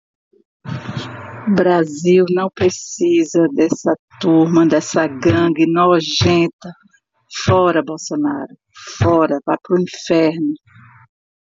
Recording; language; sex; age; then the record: short text; Brazilian Portuguese; female; 50 to 59 years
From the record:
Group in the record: control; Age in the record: 53 years